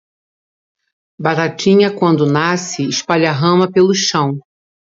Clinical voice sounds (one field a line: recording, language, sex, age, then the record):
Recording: short text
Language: Brazilian Portuguese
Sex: female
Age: 60 to 69 years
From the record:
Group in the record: control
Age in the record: 61 years